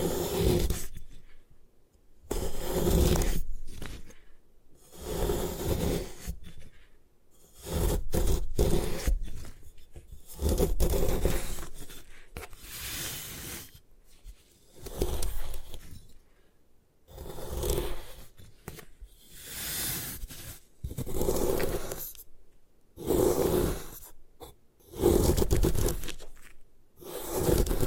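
Gym chalk is crushed and scraped in a run of gritty, crumbling bursts, each lasting one to three seconds and broken by short silences. Some strokes are dry and rasping, others duller and heavier, repeating irregularly throughout.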